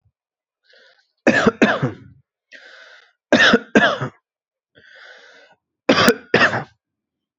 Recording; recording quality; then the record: heavy voluntary cough; excellent, no background noise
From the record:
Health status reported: exposed to COVID-19, no respiratory illness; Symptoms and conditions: cold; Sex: male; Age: 22 years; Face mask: worn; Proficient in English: yes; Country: India